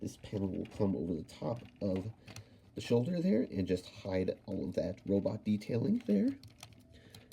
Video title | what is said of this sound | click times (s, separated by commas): Transformers Studio Series 102 Voyager Class Optimus Prime (Rise Of The Beasts) Review | And it can be a little finicky, but it should just snap into place like that. | 7.2 s, 7.3 s